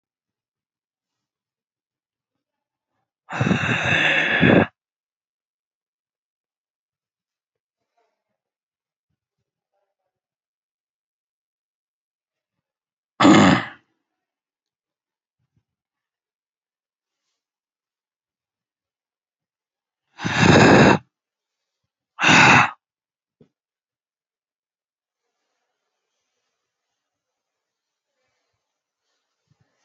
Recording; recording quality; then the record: deep breathing; excellent, no background noise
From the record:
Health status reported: COVID-19 positive, mild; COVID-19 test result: positive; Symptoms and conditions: cough, sore throat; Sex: male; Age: 34 years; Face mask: worn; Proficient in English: yes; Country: India